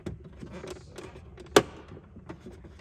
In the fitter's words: and then after that you should be able to just slide it down and hear it snap in